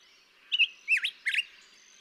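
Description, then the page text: Black-headed grosbeak song: three rich, warbled, slurred notes in quick succession, rising and falling, with faint background hiss. Daytime singing, May 17, 2016, on Mt. Graham, Arizona. "Black-headed Grosbeak. Daytime singing, example 2. May 17, 2016. Mt. Graham, Arizona"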